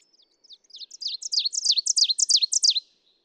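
Ovenbird song, a quickly repeated bright phrase that starts quietly and grows louder.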